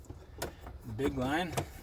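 The large fuel line quick-connector is handled at the fuel pump module fitting of a 2001 Buick LeSabre, with a few short, sharp handling ticks and someone talking. The connector has not seated or clicked yet.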